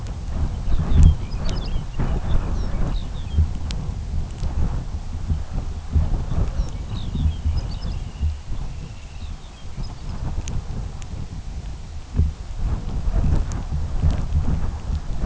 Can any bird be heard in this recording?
yes